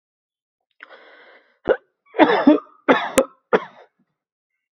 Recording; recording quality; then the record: heavy voluntary cough; excellent, no background noise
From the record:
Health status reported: healthy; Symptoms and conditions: fatigue, muscle pain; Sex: male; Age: 37 years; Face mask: not worn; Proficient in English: yes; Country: India